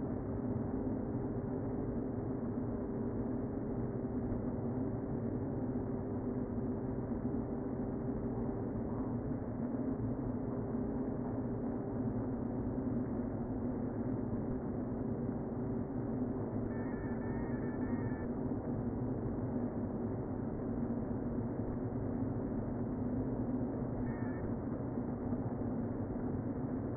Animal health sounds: honeybee colony, microphone inside the hive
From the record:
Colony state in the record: queen present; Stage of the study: before two queens were removed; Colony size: about 60,000 bees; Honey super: yes

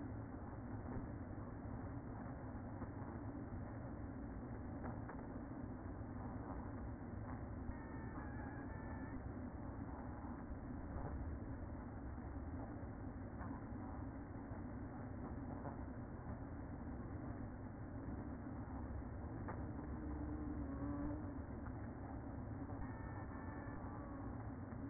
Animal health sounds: honeybee colony, microphone inside the hive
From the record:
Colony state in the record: queen present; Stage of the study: after two queens were removed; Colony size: about 60,000 bees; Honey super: yes

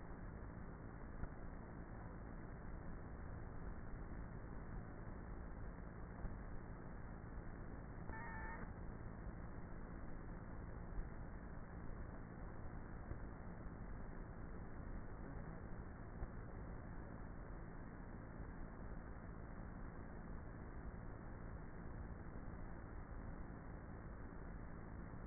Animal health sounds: honeybee colony, microphone inside the hive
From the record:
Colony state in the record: queenless with a low population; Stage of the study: before two queens were removed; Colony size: about 30,000 bees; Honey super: no

